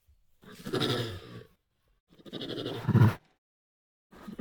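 Tiger chuffing: two breathy, rough puffs about a second long each, then a third starting at the end.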